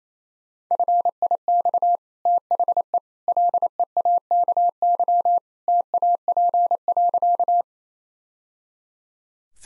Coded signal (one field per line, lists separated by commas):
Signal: Morse code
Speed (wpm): 28 wpm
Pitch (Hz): 700 Hz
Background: none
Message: FIX THE LEAKY TAP.